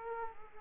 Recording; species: mosquito wingbeat signal from an infrared sensor; Aedes aegypti